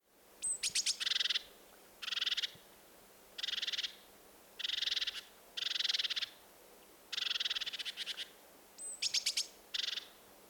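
Bird chirping: several high buzzy chirp bursts over ten seconds, with a few thin whistled notes mixed in, over faint steady hiss.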